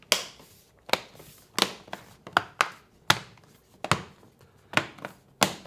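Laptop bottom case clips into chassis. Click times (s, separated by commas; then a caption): 0.1 s, 0.9 s, 1.6 s, 2.4 s, 3.1 s, 5.4 s. The plastic bottom cover of an RTX 4050 Victus gaming laptop is pressed down lightly around its edge onto the chassis, giving sharp snapping clicks at 0.1, 0.9, 1.6, 2.4, 3.1 and 5.4 seconds, with smaller taps in between. The clicks are the retaining clips that survived disassembly snapping into place, and the bottom case is seated.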